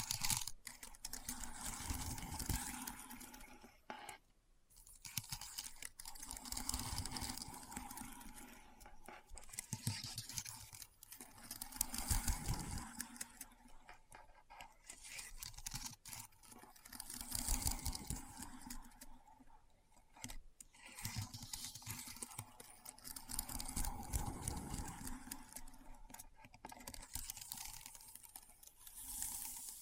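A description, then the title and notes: Keyboard typing runs in dense bursts of rapid, crisp clicks, pausing briefly around 4, 11, 20 and 22 seconds before resuming. The clatter is bright and busy, with a low steady hum beneath it throughout. ASMR Keyboard Sounds (No Talking).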